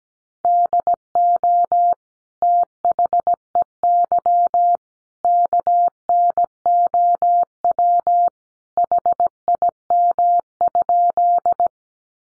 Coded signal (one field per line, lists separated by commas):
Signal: Morse code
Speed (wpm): 17 wpm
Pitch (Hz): 700 Hz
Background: none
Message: DO THEY KNOW HIM?